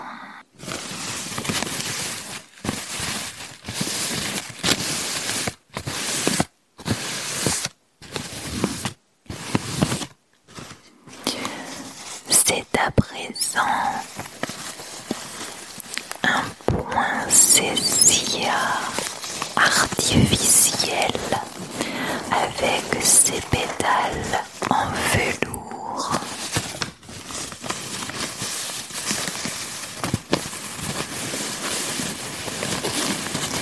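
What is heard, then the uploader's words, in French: Tapping and scratching on Christmas decorations, crisp. The first ten seconds come in short, bright bursts broken by brief silences, then the sound turns into continuous, dense scratching and rustling that varies in intensity through to the end. ASMR - Tapping et scratching sur mes décorations de Noël. Ce soir, j'ai décroché quelques décorations de mon sapin de Noël pour te faire profiter de leurs sons agréables ! Au programme, du tapping et du scratching plus ou moins intense.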